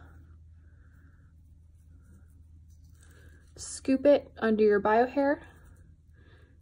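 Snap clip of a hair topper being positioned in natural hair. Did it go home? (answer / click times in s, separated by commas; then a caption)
no / none. The open snap clip of a 12-inch Jon Renau Top Smart lace front hair topper in Toffee Truffle FS6/30/27 is scooped under the natural hair and lined up before being pushed closed, with faint quiet handling under a low steady hum. Someone talks from about 3.8 to 5.4 seconds. Nothing has clicked yet; the clip is only positioned, not snapped shut.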